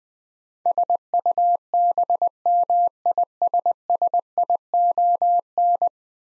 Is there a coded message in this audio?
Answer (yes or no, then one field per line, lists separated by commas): yes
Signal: Morse code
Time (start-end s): 0.7-5.9 s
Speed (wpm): 20 wpm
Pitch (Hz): 700 Hz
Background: none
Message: SUBMISSION